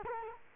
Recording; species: mosquito wingbeat signal from an infrared sensor; Culex quinquefasciatus